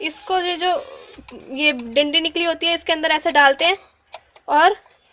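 A bobbin case is being handled at a sewing machine's shuttle hook, with the bobbin going into the case and the case toward the metal post in the hook area. Someone talks throughout, with a few faint ticks near the end. Nothing has seated or clicked into place yet.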